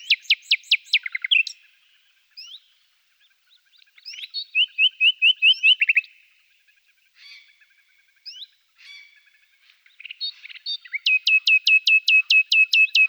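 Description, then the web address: Common nightingale delivering varied phrases: fast repeated notes, scattered upslurred whistles, a rapid chattering series, and a final long run of loud, evenly spaced strokes. Several nightingales. "A természet hangjai - Fülemülék"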